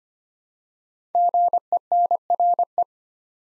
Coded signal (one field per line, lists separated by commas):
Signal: Morse code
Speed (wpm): 25 wpm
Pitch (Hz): 700 Hz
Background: none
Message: GENRE